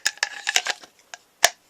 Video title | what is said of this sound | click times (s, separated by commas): Is This The Best Outdoor Knife For Beginners? | There you go. Just heard that click there. | 1.5 s